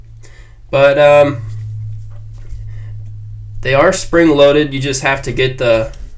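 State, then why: Not seated. Spring-loaded scissors on a metal Leatherman Wingman multi-tool are handled while someone talks over a steady low hum; the scissors have to be locked down before the spring works. Nothing has seated or clicked into place yet by the end of the clip.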